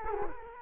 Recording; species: mosquito wingbeat signal from an infrared sensor; Culex quinquefasciatus